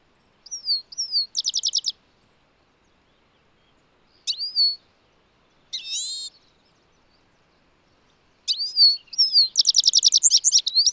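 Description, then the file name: European goldfinch calls, liquid twittering notes and rapid buzzy trills in bursts, with short whistled slurs between groups; quiet gaps separate the phrases. "Carduelis carduelis"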